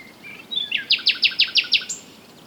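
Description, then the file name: Common nightingale song phrase: soft lead-in notes, then six loud, evenly spaced, harsh repeated notes in quick succession, ending with a short high note. "Luscinia megarhynchos"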